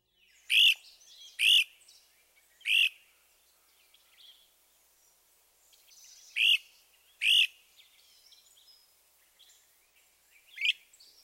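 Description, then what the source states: Great Crested Flycatcher giving six trilled preet calls, high and irregularly spaced, with faint softer notes between them. Softer, lower-pitched trilled preet call.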